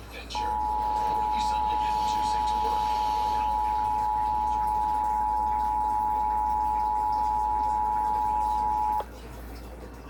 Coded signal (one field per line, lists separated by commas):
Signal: Emergency Alert System (SAME) tones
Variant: 853 and 960 Hz attention tone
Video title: EAS/NWR Alert or message #365-377?: Ohio's Required Monthly Test but longer